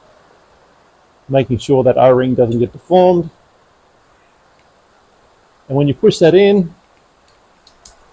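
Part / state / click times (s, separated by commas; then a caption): coolant pipe into push-fit hose connector / seated / 7.3 s, 7.7 s, 7.9 s. A greased coolant pipe with an O-ring on a Porsche 981 is pressed straight into its push-fit hose connector while someone talks. After a quiet pause, three short sharp clicks come at 7.3, 7.7 and 7.9 seconds as it clicks in place on both sides, and the connector is seated.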